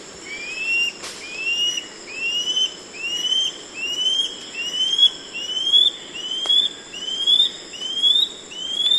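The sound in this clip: Scale-backed antbird whistles: a steady string of rising, slurred notes repeated roughly every three-quarters of a second, creeping upward in pitch, with a constant high drone behind.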